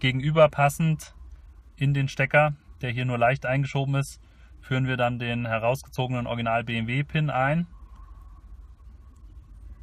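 Someone talks about the opening in the ECU connector plug where the red cable, just removed from the ECU, is to be inserted; the red wire pin is being handled toward the plug cavity. Nothing has seated or clicked yet, and the clip ends in quiet after the talking stops.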